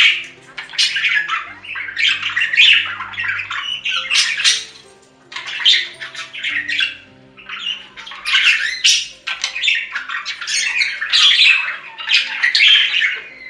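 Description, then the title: Budgerigar chatter, a dense run of harsh squawks, buzzy warbles and chirps in bursts with brief pauses near five and eight seconds. "Budgie Sounds"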